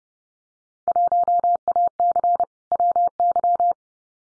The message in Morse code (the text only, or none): 1AC WY